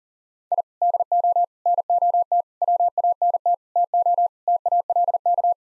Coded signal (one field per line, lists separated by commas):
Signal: Morse code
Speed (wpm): 40 wpm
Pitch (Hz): 700 Hz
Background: none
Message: I DO NOT WANT TO TALK